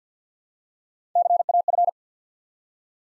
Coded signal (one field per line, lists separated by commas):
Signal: Morse code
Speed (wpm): 50 wpm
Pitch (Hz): 700 Hz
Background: none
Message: CAF